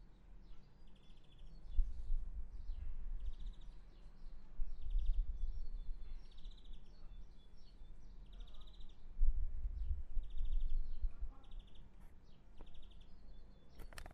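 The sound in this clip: Bird chirping in short high bursts, repeated in clusters through the recording over a steady low rumble.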